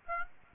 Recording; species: mosquito wingbeat signal from an infrared sensor; Aedes aegypti